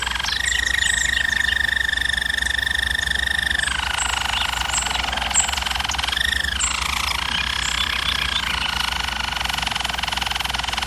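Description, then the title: German Roller canary song: smooth sustained rolls, high then dropping lower, with a short rising flourish near the middle, running continuously over a steady low hum. Canary singing in a training recording. "German Roller Canary Singing - Canary Training Vid"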